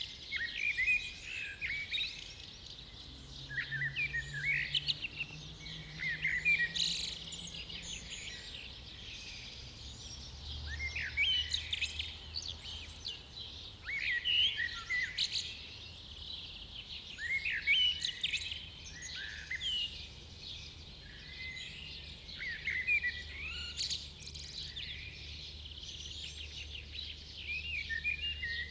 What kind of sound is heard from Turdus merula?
song